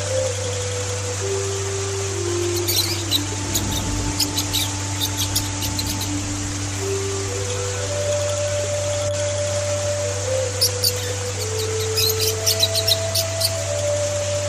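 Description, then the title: Oriental magpie-robin singing in two spells of quick, high, scratchy notes and chirps, set against a constant deep hum and sustained mechanical tones. "Kicau Kacer"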